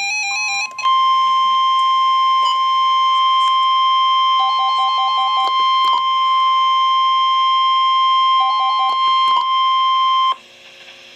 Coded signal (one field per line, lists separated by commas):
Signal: Emergency Alert System (SAME) tones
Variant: 1050 Hz attention tone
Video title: Severe Thunderstorm Warning #8 - 08/20/10 (EAS #60)